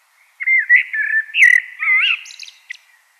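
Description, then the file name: Common blackbird song phrase: a smooth run of mellow, slurred whistles, then a thin, squeaky, high-pitched twitter at the end. "Turdus merula"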